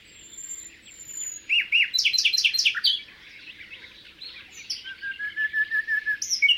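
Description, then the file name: Common nightingale song: a rapid series of repeated downward notes, then a long pure whistle and a run of pulsed notes. "Luscinia megarhynchos"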